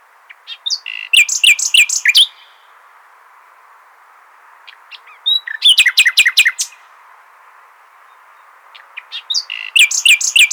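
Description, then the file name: Common nightingale delivering fast rattling trills and chattering notes in separate bursts, with quiet gaps between phrases. "Luscinia megarhynchos"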